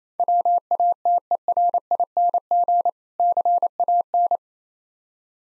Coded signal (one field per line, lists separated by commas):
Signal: Morse code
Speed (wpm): 28 wpm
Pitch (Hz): 700 Hz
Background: none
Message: WATERING CAN